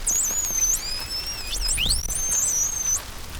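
Whale whistles, a series of high tonal calls with sweeping upward and downward glides and long, steady notes, overlapping one another against a faint background of clicks.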